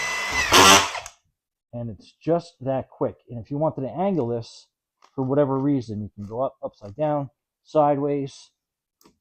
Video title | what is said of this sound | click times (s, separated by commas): VEVOR Drywall Screw Gun Auto-Feed, 20V Max Collated Drywall Screwgun, 4200RPM Brushless Cordles | So I'm going to go down here, click in place, | 1.1 s